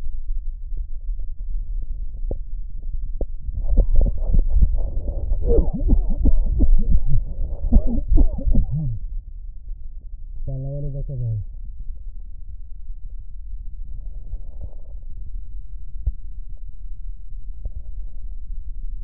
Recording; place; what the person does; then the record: lung sounds by stethoscope; right posterior basal chest; quiet breathing, then cough and speech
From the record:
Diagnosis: COPD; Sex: male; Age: 59 years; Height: 171 cm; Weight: 91.4 kg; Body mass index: 31.3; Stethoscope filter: extended mode